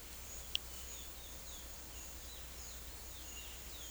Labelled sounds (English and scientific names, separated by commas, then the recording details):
none
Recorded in secondary vegetation near Puerto Asís, Putumayo, Colombia, on 20 December 2024 at 12:00
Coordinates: 0.488, -76.319
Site GP04